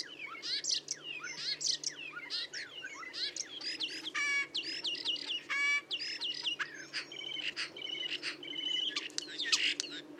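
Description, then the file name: Common starling in a fast medley of clicks, rattling trills, drawn-out whistles and squeaks, delivered almost without pause. "Storno"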